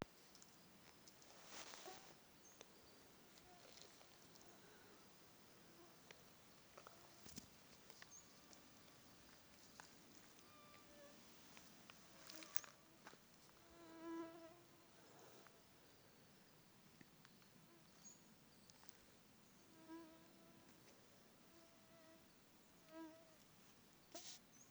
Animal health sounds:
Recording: mosquito flight sound by mobile phone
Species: Aedes sierrensis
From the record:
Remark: several mosquitoes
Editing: field recording with all noises

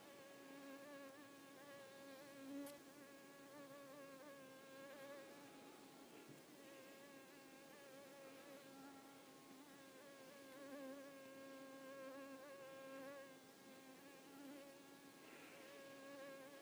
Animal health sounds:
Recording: mosquito flight sound by mobile phone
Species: Culiseta incidens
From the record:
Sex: female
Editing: snipped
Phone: iPhone 4S

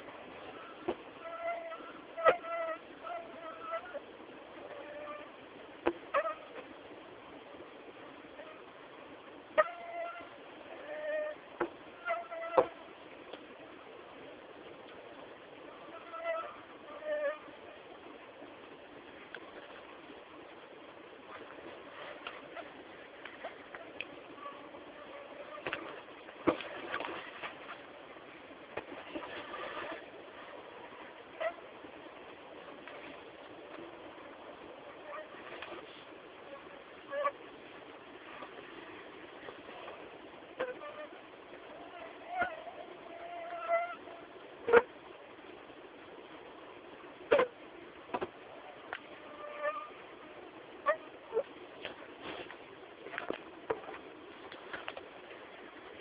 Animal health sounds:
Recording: mosquito flight sound by mobile phone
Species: Anopheles arabiensis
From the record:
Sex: female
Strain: Dongola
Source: CDC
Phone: Samsung T209

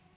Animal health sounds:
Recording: mosquito flight sound by mobile phone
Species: Aedes sierrensis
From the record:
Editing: cut to the mosquito's sound

